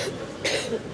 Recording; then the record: coughing mixed with background sound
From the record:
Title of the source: 55 gaggy wet cough